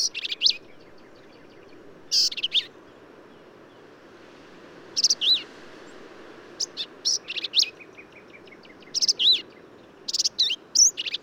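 Black-capped vireo: scattered high phrases of scratchy notes and slurred squeaks, some spaced by longer gaps, over a low background hiss.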